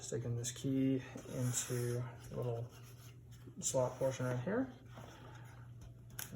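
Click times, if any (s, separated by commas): 6.2 s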